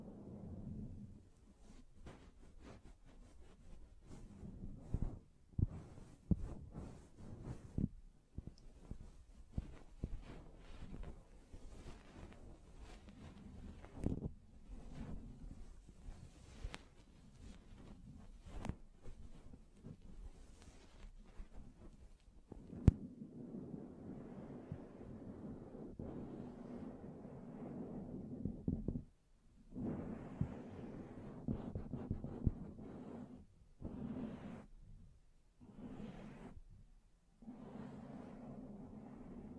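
Hands tap, scratch and brush across a microphone, making dull, low thumps and rough rubbing noise. The first twenty seconds bring dense, irregular taps and scrapes with sharp clicks. After that come longer stretches of steady brushing, broken by brief silent pauses around 29 and 34 seconds.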